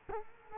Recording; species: mosquito wingbeat signal from an infrared sensor; Culex quinquefasciatus